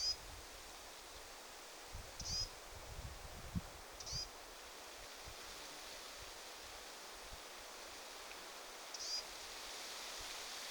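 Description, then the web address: Lesser whitethroat chick with a few thin, high rising call notes spaced irregularly, against a soft background hiss and faint rustles. Young bird, a chick, possibly giving attention-seeking calls; recorded 20 July 2026. "paivat 20 7 2026 tietaakseni hernekertun poikasen ehka huomioaantelya"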